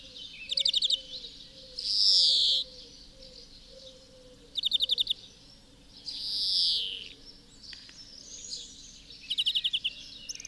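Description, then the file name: European greenfinch: brief rapid ticking trills alternating with long drawn-out nasal wheezes, each lasting under a second, over a low hum. "Chloris chloris"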